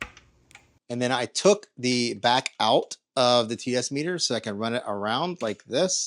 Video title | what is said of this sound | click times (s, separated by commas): Build Your Own DI Spotless System - DIY DI Spotless - Budget VS Expensive | then my TDS meter snaps right in | 0.0 s